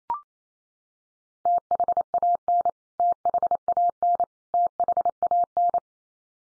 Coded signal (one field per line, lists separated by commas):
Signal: Morse code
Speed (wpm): 28 wpm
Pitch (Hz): 700 Hz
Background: none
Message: THAN THAN THAN